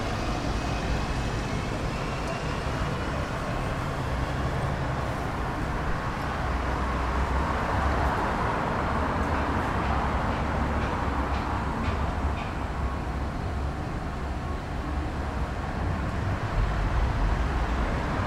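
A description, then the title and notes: Standing beneath a bridge, a heavy, continuous rumble of passing trams and traffic fills the space, low and dense with a steady deep hum. Brief metallic clicks and squeals flicker through the upper range, and the loudness stays nearly constant throughout. Trams pass overhead as we stand under a bridge in Manchester. Industrial Manchester.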